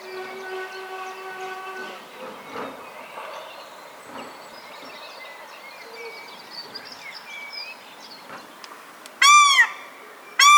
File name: paradise shelduck